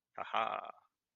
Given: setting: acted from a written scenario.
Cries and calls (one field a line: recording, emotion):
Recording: vocal sound without words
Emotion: triumph